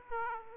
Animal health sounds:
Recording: mosquito wingbeat signal from an infrared sensor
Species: Aedes aegypti

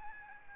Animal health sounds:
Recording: mosquito wingbeat signal from an infrared sensor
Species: Aedes albopictus

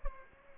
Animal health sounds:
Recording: mosquito wingbeat signal from an infrared sensor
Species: Aedes aegypti

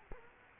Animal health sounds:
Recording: mosquito wingbeat signal from an infrared sensor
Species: Culex quinquefasciatus

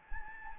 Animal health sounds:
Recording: mosquito wingbeat signal from an infrared sensor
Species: Anopheles gambiae

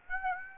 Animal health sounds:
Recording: mosquito wingbeat signal from an infrared sensor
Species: Aedes aegypti

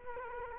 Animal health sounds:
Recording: mosquito wingbeat signal from an infrared sensor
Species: Culex quinquefasciatus

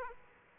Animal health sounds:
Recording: mosquito wingbeat signal from an infrared sensor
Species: Aedes aegypti

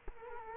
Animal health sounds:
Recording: mosquito wingbeat signal from an infrared sensor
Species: Culex quinquefasciatus

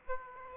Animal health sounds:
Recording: mosquito wingbeat signal from an infrared sensor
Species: Aedes aegypti

